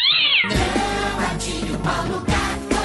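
A cat meows loudly, starting with a rising-then-falling yowl and breaking into a run of rough, strained meows over nearly three seconds, with no voices.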